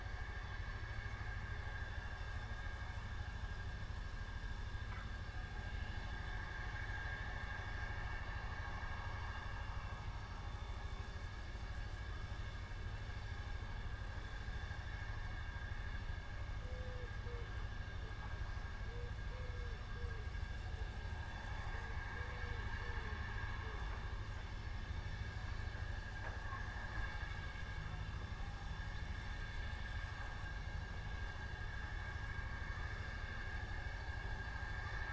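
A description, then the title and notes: Balmy country sounds: a steady low rumble hangs underneath throughout, with faint bird chirps drifting in around the middle and brief hissing bursts above. Steam train stops at country station. It's a perfect Shropshire August day. We took this sound photograph of a steam train passing through Arley station last month. Balmy country sounds.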